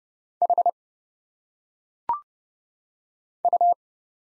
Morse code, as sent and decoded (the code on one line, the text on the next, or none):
.... / ..-
H U